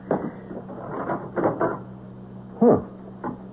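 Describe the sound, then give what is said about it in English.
A front door swings open with a few soft clunks and rattles, then a short creaking groan of the hinge, over a steady low hum. “Door's open.”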